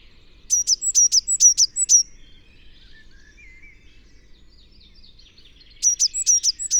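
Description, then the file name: Eurasian blue tit giving a rapid run of several high, clipped notes, a pause with faint twittering, then the same bright series again. "Cyanistes caeruleus"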